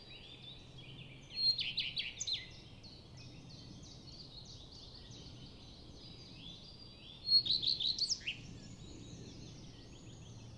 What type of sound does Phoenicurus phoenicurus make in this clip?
song